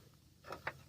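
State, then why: Seated. While a side step bar is installed on a 2006 Toyota RAV4, a twist-lock mounting fastener or clip nut for the step bar is fitted into the vehicle body bracket and turned counterclockwise. A faint handling sound at about 0.5 s is followed by a short, soft tick at 0.7 s, over a quiet background. The fastener locks in place.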